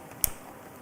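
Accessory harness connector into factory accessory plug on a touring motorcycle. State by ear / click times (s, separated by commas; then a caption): seated / 0.2 s. A plug-and-play accessory power harness connector is pushed into the factory accessory plug of a 2024-or-newer touring motorcycle after the plug's cap has been removed. A single sharp, fast-decaying click sounds at 0.2 s over quiet background hiss, and the connector is seated.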